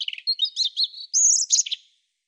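European robin song: a rapid run of thin, high warbled notes, dropping then rising to a sharp piercing phrase near the end, on a silent background.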